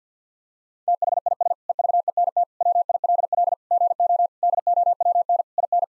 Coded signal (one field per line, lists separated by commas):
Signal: Morse code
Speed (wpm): 50 wpm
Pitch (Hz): 700 Hz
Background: none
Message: THIS EVENT WILL GO DOWN IN